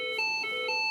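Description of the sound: Steady high-pitched electronic tones alternating in pitch: an automated external defibrillator's alert, sounding in a test setting, prompting the user to press the flashing shock button after the heart rhythm has been analysed.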